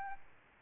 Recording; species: mosquito wingbeat signal from an infrared sensor; Aedes albopictus